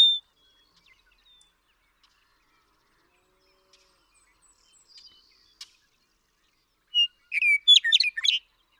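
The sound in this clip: Western meadowlark song: a brief whistle, quiet faint notes, then a loud bubbling, flutelike phrase of quick varied notes lasting about a second and a half.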